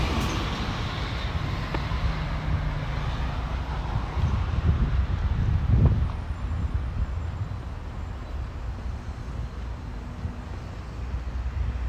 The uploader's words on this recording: City Park Sounds. Walking In Modiin, Israel.